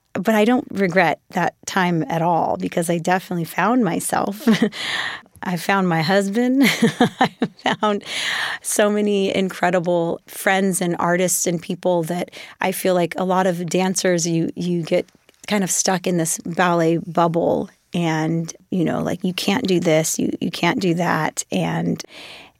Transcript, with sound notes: But I don't regret that time at all because I definitely found myself. I found my husband (laughter). I found so many incredible friends and artists and people that I feel like a lot of dancers - you get kind of stuck in this ballet bubble, and, you know, like, you can't do this. You can't do that.